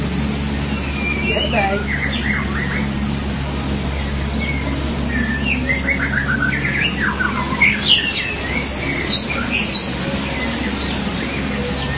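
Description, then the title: Magpie-robin or shama singing a lively run of varied whistles, chirps and quick slurred notes, with a constant low droning hum underneath. "BM Suara Burung Murai"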